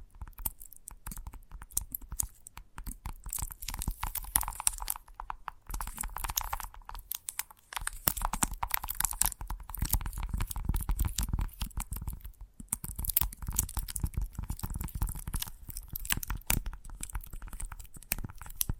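Gentle tapping with a crunchy, crinkly texture comes in dense irregular bursts, with brief quiet gaps near 5, 7.5 and 12.5 seconds.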